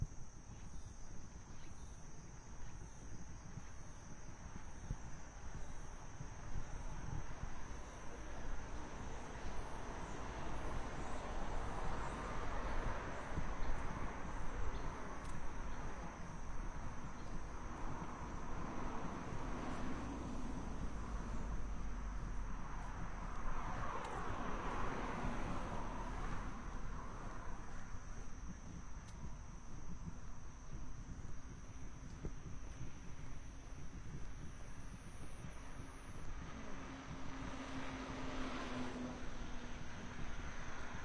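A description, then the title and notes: A midday walk on a cloudy day, filled with a steady rush of traffic noise. Vehicles swell past around twenty-five seconds and again near thirty-seven, one with a rising engine tone. A thin, constant high whine runs underneath throughout. 27℃ 多云天的午间散步. Noon Break Walking On A Cloudy Day.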